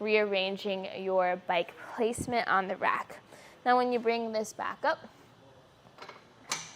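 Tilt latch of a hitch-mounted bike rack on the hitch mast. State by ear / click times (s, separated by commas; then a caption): seated / 6.5 s. A RockyMounts Gigawatt hitch-mounted bike rack for 2 bikes, on a 2024 Ford Bronco Sport, is raised from its tilted-down position back to upright while someone talks. The rack's metal tilt latch on the hitch mast snaps into place with a sharp click at 6.5 s, locking the rack upright.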